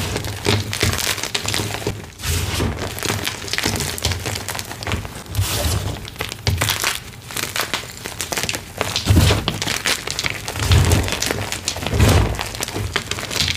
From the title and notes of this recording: Baby Oil Gym Chalk Crushing Compilation.